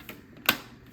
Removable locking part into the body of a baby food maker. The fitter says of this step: you'll hear a snap this as well too